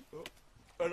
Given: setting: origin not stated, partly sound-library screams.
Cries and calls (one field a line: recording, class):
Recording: one-second piece from a danger detection set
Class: normal situation